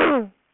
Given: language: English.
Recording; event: throat vibration sensor signal played as sound; throat clearing